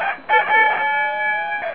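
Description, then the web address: Chicken: rooster crowing: a loud, harmonic cock-a-doodle-doo that opens with short broken notes, then holds one long, steady, slightly falling note before a brief end. Male (rooster), crowing. "wbusch maxmor rooster"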